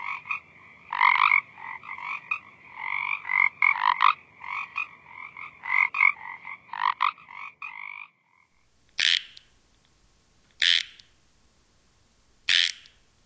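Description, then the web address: Pacific chorus frog chorus: rapid overlapping raspy croaks for about eight seconds, then three separate loud, harsh calls spaced roughly two seconds apart. "Songs of Frogs Toads of North America. Pacific Chorus Frog"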